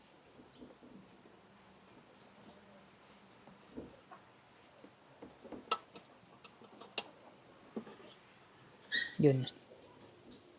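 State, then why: Seated. A plastic LED headlight connector lock is worked into place on the headlight wiring of a Yamaha R3 motorcycle, with faint handling noise and brief talk. Two sharp snaps at 5.7 s and 7.0 s mark the lock clicking in, and it ends up seated and locked. A louder burst of noise follows around 9.2 s.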